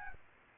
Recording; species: mosquito wingbeat signal from an infrared sensor; Aedes albopictus